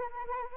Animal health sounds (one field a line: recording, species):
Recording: mosquito wingbeat signal from an infrared sensor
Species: Anopheles arabiensis